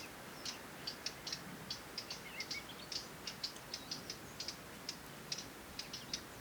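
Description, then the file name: Eurasian Blackcap calling, a quick irregular stream of dry clicking ticks, with a brief soft chirp partway through. "Sylvia atricapilla"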